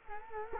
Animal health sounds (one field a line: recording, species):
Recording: mosquito wingbeat signal from an infrared sensor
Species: Culex quinquefasciatus